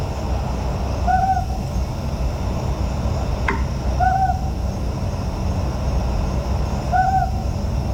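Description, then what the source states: Ryukyu scops owl repeating a soft, low hoot roughly every three seconds, three calls heard over constant low rumbling, with one sharp click midway. Hateruma Island, Japan, at night; call described as low-pitched and hard to hear; recorded nearer than an earlier distant take.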